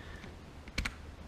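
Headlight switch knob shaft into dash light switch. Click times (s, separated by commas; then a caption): 0.8 s, 0.9 s. The barbed knob shaft of a 1966 Impala headlight switch is slid back into the switch on the dash and pushed hard. After a faint tap at 0.7 s, two sharp catching clicks sound at 0.8 s and 0.9 s, followed by another small tick at 1.3 s. The shaft has caught and is seated in the switch.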